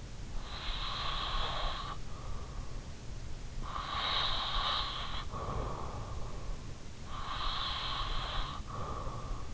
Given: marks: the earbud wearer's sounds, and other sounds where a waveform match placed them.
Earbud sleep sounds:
sounds in sleep by an in-ear microphone; breath
0.39-2.74 s: breath
3.48-6.17 s: breath
6.85-9.54 s: breath

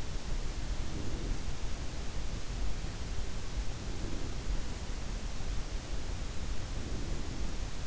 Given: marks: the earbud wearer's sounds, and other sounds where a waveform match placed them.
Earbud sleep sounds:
sounds in sleep by an in-ear microphone; breath
0.60-1.75 s: breath
3.64-4.86 s: breath
6.68-7.86 s: breath

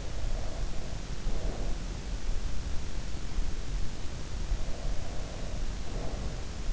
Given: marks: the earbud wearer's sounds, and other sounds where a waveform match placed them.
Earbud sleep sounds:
sounds in sleep by an in-ear microphone; breath
0.21-2.06 s: breath
4.52-6.73 s: breath

